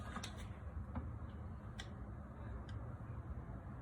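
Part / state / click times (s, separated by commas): electrical terminal connector on a concrete saw / not seated / none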